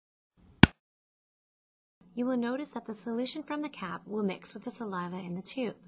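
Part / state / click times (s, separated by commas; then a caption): funnel lid onto a saliva DNA collection tube / seated / 0.6 s. The funnel lid of a plastic Oragene Dx saliva DNA collection tube is pushed down firmly until it snaps shut, giving one loud, sharp click at 0.6 s. After a pause, someone talks. The lid is seated and closed.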